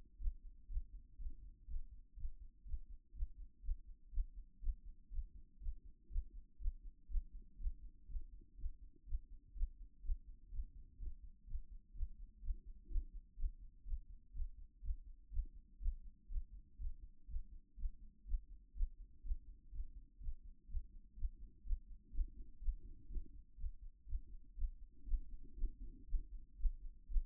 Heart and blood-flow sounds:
heart sounds by stethoscope; 122 bpm
0.18 s: heartbeat
0.68 s: heartbeat
1.17 s: heartbeat
1.67 s: heartbeat
2.16 s: heartbeat
2.64 s: heartbeat
3.13 s: heartbeat
3.62 s: heartbeat
4.11 s: heartbeat
4.60 s: heartbeat
5.10 s: heartbeat
5.59 s: heartbeat
6.09 s: heartbeat
6.58 s: heartbeat
7.08 s: heartbeat
7.57 s: heartbeat
8.07 s: heartbeat
8.56 s: heartbeat
9.05 s: heartbeat
9.54 s: heartbeat
10.02 s: heartbeat
10.50 s: heartbeat
10.98 s: heartbeat
11.46 s: heartbeat
11.93 s: heartbeat
12.41 s: heartbeat
12.88 s: heartbeat
13.36 s: heartbeat
13.84 s: heartbeat
14.33 s: heartbeat
14.81 s: heartbeat
15.30 s: heartbeat
15.79 s: heartbeat
16.28 s: heartbeat
16.78 s: heartbeat
17.27 s: heartbeat
17.76 s: heartbeat
18.25 s: heartbeat
18.74 s: heartbeat
19.22 s: heartbeat
19.71 s: heartbeat
20.19 s: heartbeat
20.67 s: heartbeat
21.15 s: heartbeat
21.63 s: heartbeat
22.11 s: heartbeat
22.60 s: heartbeat
23.08 s: heartbeat
23.57 s: heartbeat
24.06 s: heartbeat
24.55 s: heartbeat
25.05 s: heartbeat
25.55 s: heartbeat
26.06 s: heartbeat
26.57 s: heartbeat
27.08 s: heartbeat
From the record:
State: after exercise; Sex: female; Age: 26 years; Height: 180 cm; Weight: 85 kg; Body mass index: 26.23

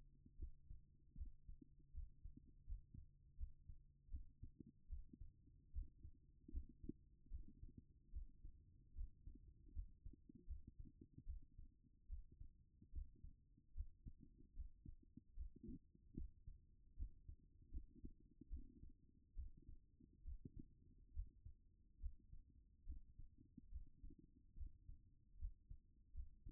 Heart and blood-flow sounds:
heart sounds by stethoscope; 75 bpm
0.37 s: heartbeat
1.15 s: heartbeat
1.92 s: heartbeat
2.64 s: heartbeat
3.36 s: heartbeat
4.09 s: heartbeat
4.87 s: heartbeat
5.71 s: heartbeat
6.50 s: heartbeat
7.29 s: heartbeat
8.11 s: heartbeat
8.93 s: heartbeat
9.72 s: heartbeat
10.45 s: heartbeat
11.24 s: heartbeat
12.07 s: heartbeat
12.91 s: heartbeat
13.73 s: heartbeat
14.54 s: heartbeat
15.35 s: heartbeat
16.14 s: heartbeat
16.95 s: heartbeat
17.69 s: heartbeat
18.48 s: heartbeat
19.34 s: heartbeat
20.23 s: heartbeat
21.12 s: heartbeat
21.98 s: heartbeat
22.84 s: heartbeat
23.70 s: heartbeat
24.55 s: heartbeat
25.37 s: heartbeat
26.12 s: heartbeat
From the record:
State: at rest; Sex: female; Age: 50 years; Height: 170 cm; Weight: 70 kg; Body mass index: 24.22

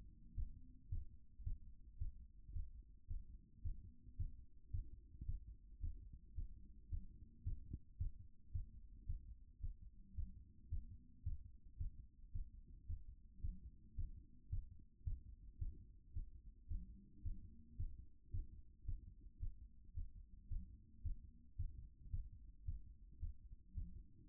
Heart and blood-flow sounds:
heart sounds by stethoscope; 110 bpm
0.34 s: heartbeat
0.89 s: heartbeat
1.43 s: heartbeat
1.98 s: heartbeat
2.52 s: heartbeat
3.07 s: heartbeat
3.62 s: heartbeat
4.16 s: heartbeat
4.71 s: heartbeat
5.25 s: heartbeat
5.80 s: heartbeat
6.34 s: heartbeat
6.89 s: heartbeat
7.43 s: heartbeat
7.97 s: heartbeat
8.52 s: heartbeat
9.06 s: heartbeat
9.60 s: heartbeat
10.14 s: heartbeat
10.69 s: heartbeat
11.23 s: heartbeat
11.77 s: heartbeat
12.32 s: heartbeat
12.86 s: heartbeat
13.41 s: heartbeat
13.95 s: heartbeat
14.49 s: heartbeat
15.04 s: heartbeat
15.58 s: heartbeat
16.13 s: heartbeat
16.67 s: heartbeat
17.22 s: heartbeat
17.76 s: heartbeat
18.31 s: heartbeat
18.85 s: heartbeat
19.39 s: heartbeat
19.94 s: heartbeat
20.48 s: heartbeat
21.02 s: heartbeat
21.56 s: heartbeat
22.10 s: heartbeat
22.65 s: heartbeat
23.19 s: heartbeat
23.74 s: heartbeat
From the record:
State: after exercise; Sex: male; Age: 53 years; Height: 175 cm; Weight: 88 kg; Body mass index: 28.73

